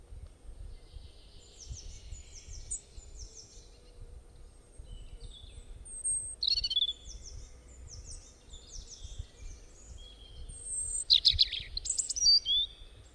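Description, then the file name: Bird song: scattered high twittering and chirping phrases, louder bursts near the end, over a steady low rumbling background. "Bird Singing Sound Effect"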